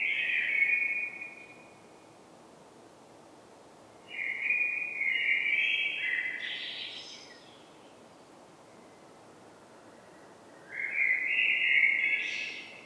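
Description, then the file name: Common blackbird singing three separate phrases of rich, fluting whistles, with several seconds of quiet between them; a squeaky high flourish ends the second and third phrases. "Turdus merula"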